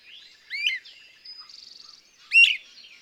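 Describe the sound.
Bird song: a chirped note, a fast buzzy trill, then a loud chirping burst, all high-pitched.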